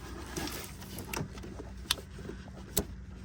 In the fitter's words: See, click. Just you push it down, the click.